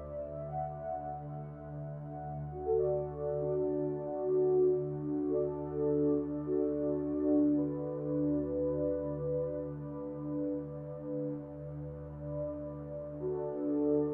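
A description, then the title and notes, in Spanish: Binaural sound: a steady, low droning chord of sustained tones, with softer higher notes shifting every few seconds and a gentle swell. Ondas Alfa. Sonido binaural.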